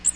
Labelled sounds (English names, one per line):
Magnolia Warbler flight call